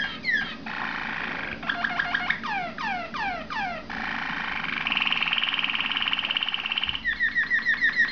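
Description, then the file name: Waterslager canary singing rolling tours, steeply falling swept whistles, a long buzzy trill, then crisp repeated notes. "malinois waterslager omkicau"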